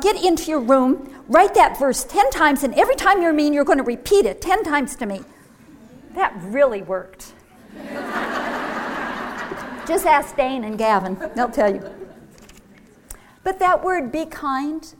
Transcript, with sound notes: Now, get into your room, write that verse ten times, and every time you're mean you're going to repeat it ten times to me!" That really worked. [Laughter] Just ask Dane and Gavin, they'll tell you! But that word, "Be kind